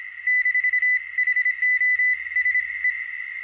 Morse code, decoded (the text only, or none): -HOSE